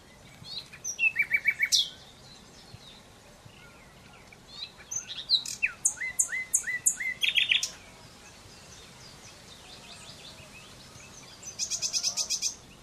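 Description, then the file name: Common Nightingale singing in separate phrases: a rapid repeated note series, a varied run of sharp high notes, and a closing fast buzzy trill after a pause. "Luscinia megarhynchos"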